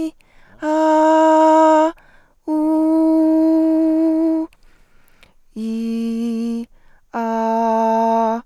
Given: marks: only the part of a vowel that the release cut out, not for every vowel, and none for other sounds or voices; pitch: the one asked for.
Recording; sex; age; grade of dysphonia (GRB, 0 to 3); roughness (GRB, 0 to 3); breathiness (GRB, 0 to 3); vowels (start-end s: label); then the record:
sustained vowels; female; 20 to 29 years; 1; 0; 1
0.71-1.82 s: vowel /a/, high pitch
2.57-4.32 s: vowel /u/, high pitch
5.63-6.57 s: vowel /i/, low pitch
7.24-8.31 s: vowel /a/, low pitch
From the record:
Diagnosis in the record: hyperfunctional dysphonia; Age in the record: 21 years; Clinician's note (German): Leichte hyperfunktionelle Dysphonie